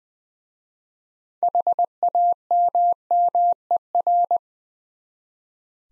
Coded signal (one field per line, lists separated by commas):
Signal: Morse code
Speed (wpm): 20 wpm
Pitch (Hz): 700 Hz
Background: none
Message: HAMMER